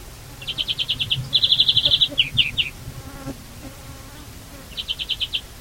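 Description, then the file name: European greenfinch giving rapid, buzzy trills in several bursts, a quick run, a longer rattling series, then a few separate notes and a final short trill. "Chloris chloris"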